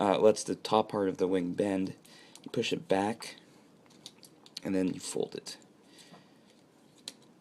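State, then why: Seated. Someone talks while folding the upper wing section of a plastic transforming robot figure: a peg is pushed to let the top of the wing bend, then the wing is pushed back and folded. Soft handling ticks follow, and at 7.1 s the wing locks into place with a single sharp click.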